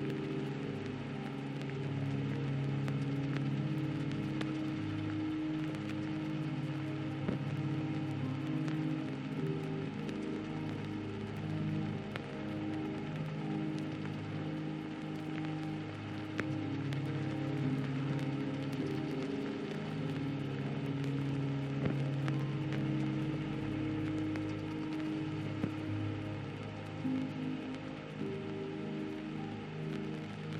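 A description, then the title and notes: Soft ambient music plays underneath a steady layer of vinyl static, the crackle spread evenly across the whole clip. Low sustained tones hold and shift slowly in the middle range, with faint pops scattered throughout. Loudness stays level from start to finish. Calming Music with Vinyl Static Sounds. A vinyl static white noise with light ambient music underneath.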